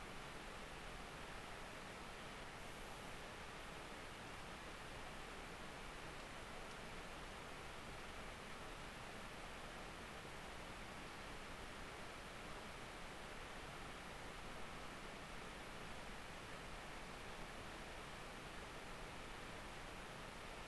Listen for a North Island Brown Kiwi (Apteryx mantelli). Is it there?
no